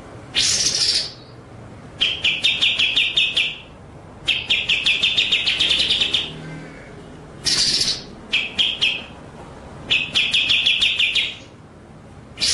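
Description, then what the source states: White-rumped shama song: rapid stuttering phrases alternating with short bright bursts, separated by brief pauses. Masteran (training) track featuring full ngerol and nembak song styles.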